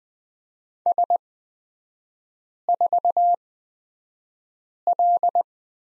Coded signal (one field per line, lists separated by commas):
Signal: Morse code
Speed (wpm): 20 wpm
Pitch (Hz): 700 Hz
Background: none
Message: S4L